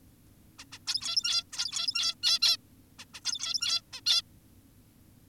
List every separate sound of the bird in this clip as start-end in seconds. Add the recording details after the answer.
0.59-0.65, 0.72-0.79, 0.87-1.44, 1.53-2.15, 2.23-2.39, 2.41-2.57, 2.99-3.05, 3.14-3.20, 3.25-3.82, 3.93-4.00, 4.06-4.22. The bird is an adult. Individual g17y2U